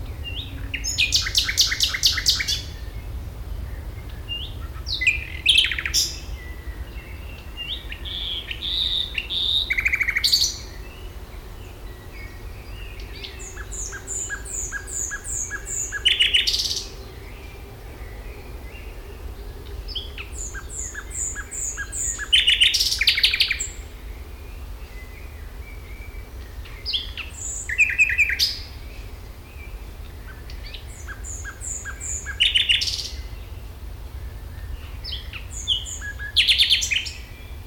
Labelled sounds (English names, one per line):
Common Nightingale